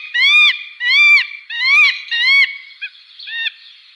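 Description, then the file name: Northern goshawk giving four loud, arched, nasal call notes about three every two seconds, followed by two shorter, weaker notes at the end. "Duvhok"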